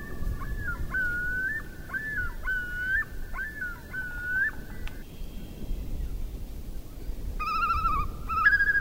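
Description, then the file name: Loon calling: a run of repeated, inflected tonal notes held at one pitch, then louder harmonic-rich calls near the end, over a low rumbling background. Recorded in winter. "Natures Challenge Loon Winter"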